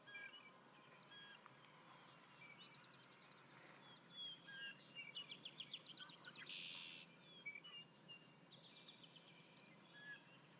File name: Savannah Sparrow